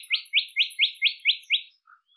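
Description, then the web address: Bird chirps, seven sharp rising notes repeated about four times a second, then a short softer note near the end. "cianscape birddata Deverinetal 2025"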